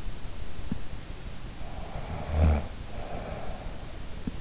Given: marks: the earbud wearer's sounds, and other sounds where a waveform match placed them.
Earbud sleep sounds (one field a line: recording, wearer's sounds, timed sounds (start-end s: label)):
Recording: sounds in sleep by an in-ear microphone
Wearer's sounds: snoring breath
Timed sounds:
1.81-3.86 s: snoring breath